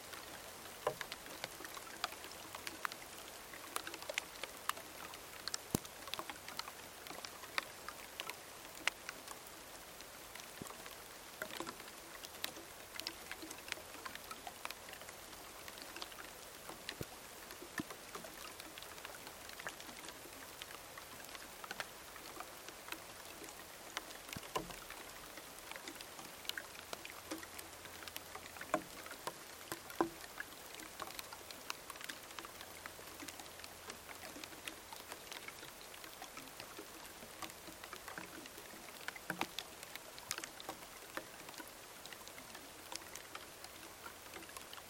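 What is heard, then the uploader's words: Rain patters steadily on dead tree branches, a dense hiss with frequent sharp drip clicks throughout and a faint low rumble beneath. Rain falling on the branches of a dead mopane tree in the Namib desert. Recorded with Sony PCM D10 and a pair of Lom mikroUsi microphones taped to the dry branches.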